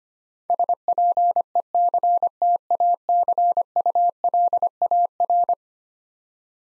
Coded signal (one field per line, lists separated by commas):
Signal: Morse code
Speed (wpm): 25 wpm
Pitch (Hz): 700 Hz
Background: none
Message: SPECTACULAR